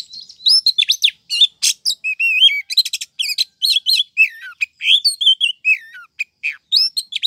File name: Suara Kacer Betina Memanggil Sang Jantan Agar Cepat Gacor